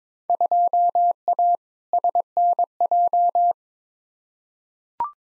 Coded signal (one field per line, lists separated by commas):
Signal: Morse code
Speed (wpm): 22 wpm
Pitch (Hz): 700 Hz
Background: none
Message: 2A SNJ